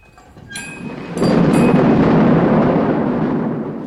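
A low, heavy rumble of thunder swells suddenly after a second of quieter hiss, then rolls on loud and steady before easing slightly at the end, with a few sharp cracks near the start.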